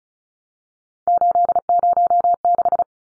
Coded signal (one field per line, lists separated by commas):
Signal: Morse code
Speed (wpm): 34 wpm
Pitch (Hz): 700 Hz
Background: none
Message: 806